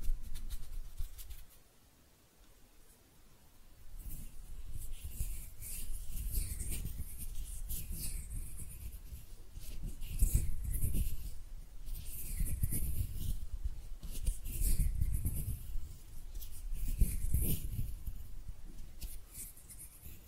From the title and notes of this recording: ASMR Relaxing Hand Sounds (No Talking).